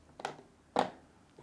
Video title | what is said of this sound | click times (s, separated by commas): Unboxing a Globe-Trotter James Bond Special Edition Luggage Case | could also lock the case, and it's got a nice click | 0.8 s